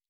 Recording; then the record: hydrophone in a shrimp aquaculture tank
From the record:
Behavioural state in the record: normal